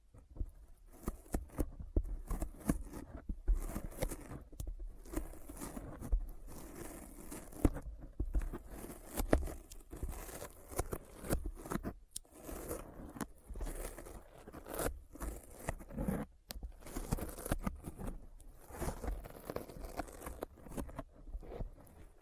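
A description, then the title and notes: Sticky finger sounds: a steady run of quick, tacky peeling and tearing noises as skin pulls apart, with short crackling bursts packed closely together. Louder snaps stand out near 3.5, 7.5 and 12 seconds, over a low rumbling undertone throughout. ASMR Intense Sticky Finger Sounds (No Talking).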